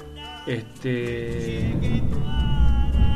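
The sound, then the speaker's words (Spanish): Thunder from a storm overhead builds into a deep, steady rumble that swells toward the end, beneath voices and sustained tones carrying on over it. “Eso que suena es la tormenta.”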